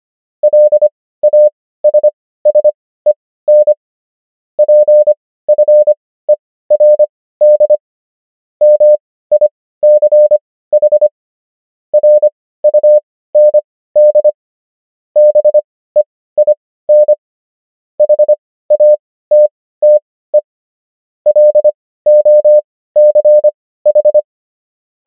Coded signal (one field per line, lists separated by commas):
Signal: Morse code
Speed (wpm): 25 wpm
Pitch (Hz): 600 Hz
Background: none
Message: LASSEN PFERD MICH RUND BEIN HATTE LOCH